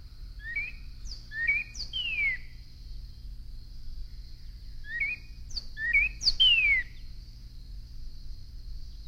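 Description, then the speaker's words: Northern Cardinal song: short upslurred whistles followed by a long, clear descending slur, the phrase given twice with a pause between. Recorded at close range; loud, rhythmical song with a good glissando; cardinals sing just before sunrise; common resident of suburban neighborhoods, often at backyard bird feeders. "The cardinal's song is loud and rhythmical with a good glissando, as we will hear from a cardinal at close range."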